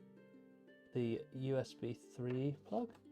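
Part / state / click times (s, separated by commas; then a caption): USB 3 front panel plug into motherboard header / not seated / none. The front-panel USB 3 cable plug is handled ready to be pushed into the motherboard header while someone talks over soft, steady background music. Nothing has seated or clicked yet.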